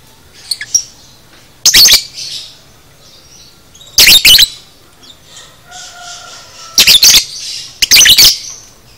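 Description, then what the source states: Lovebird chattering song: four harsh, high shrieking bursts at irregular intervals, with softer twittering and a brief whistled note between them. Masteran 'paud' lovebird song for training cage birds.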